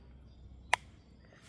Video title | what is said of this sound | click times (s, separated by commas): Rokka korpisoturi N690 part 1 | Do you hear that? That click. That's when you know that the blade's not coming out. | 0.7 s